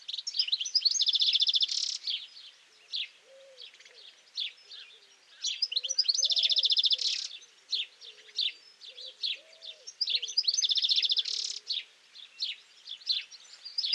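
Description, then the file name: European goldfinch song: rapid tinkling twitters broken by buzzy, nasal trills about every five seconds, with soft low notes in the background. "Carduelis carduelis"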